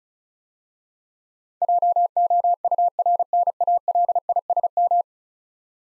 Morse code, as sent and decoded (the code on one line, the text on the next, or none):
.--- --- ..- .-. -. .- .-.. .. ... --
JOURNALISM